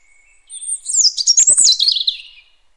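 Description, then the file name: European robin song phrase, a single burst of high, thin, tumbling notes that rise into a sparkling twittering warble and fade after about two seconds. "Erithacus rubecula"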